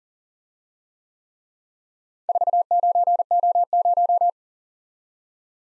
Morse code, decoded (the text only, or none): 49O0